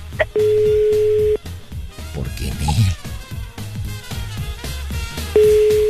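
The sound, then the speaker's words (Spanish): A steady, mid-pitched home telephone tone drones for about a second, then gives way to talking and background clatter before the same tone returns loudly at the end. “Ok, aguántate tantito, este es el teléfono de casa.”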